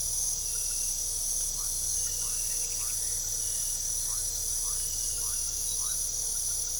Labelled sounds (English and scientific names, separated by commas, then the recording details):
none
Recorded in pastures near Puerto Asís, Putumayo, Colombia, on 22 December 2024 at 22:00
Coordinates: 0.497, -76.327
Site G088